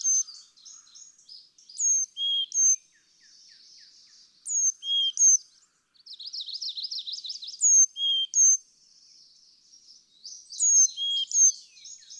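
Carolina chickadee giving high thin whistles followed by lower pure whistled notes, interspersed with runs of buzzy chattering.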